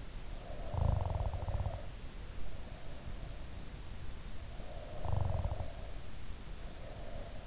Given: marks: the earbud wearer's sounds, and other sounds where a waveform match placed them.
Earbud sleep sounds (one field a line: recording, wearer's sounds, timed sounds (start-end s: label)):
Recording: sounds in sleep by an in-ear microphone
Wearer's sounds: snoring breath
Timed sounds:
0.20-2.03 s: snoring breath
4.55-7.46 s: snoring breath